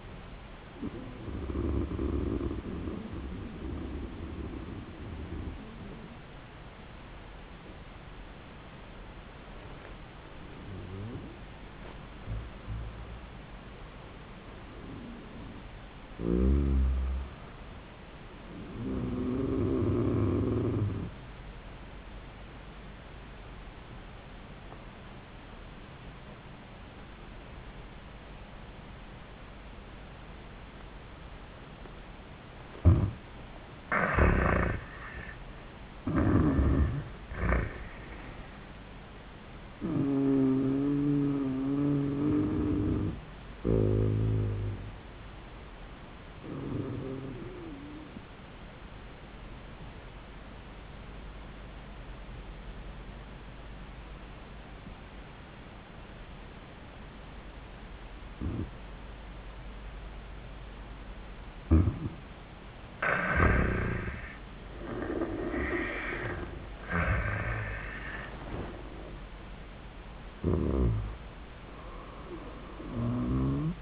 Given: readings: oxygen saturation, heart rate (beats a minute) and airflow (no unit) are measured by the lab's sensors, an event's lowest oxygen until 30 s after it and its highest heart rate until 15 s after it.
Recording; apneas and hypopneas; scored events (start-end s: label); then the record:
breathing in sleep by a voice recorder at the bedside; 2
24.00-36.30 s: obstructive apnea (N2, oxygen 97% highest, then 85% lowest)
47.00-73.81 s: new sleep stage, N1 (lightest sleep)
49.00-69.30 s: hypopnea (N1, oxygen 97% highest, then 88% lowest, heart rate 81 at the start, 93 highest)
From the record:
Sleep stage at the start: N2 (light sleep); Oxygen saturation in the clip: 85 to 97%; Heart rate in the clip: 81 to 96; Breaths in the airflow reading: 8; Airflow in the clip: -16.3 to 14.8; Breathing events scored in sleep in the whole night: 400 in 8.7 hours asleep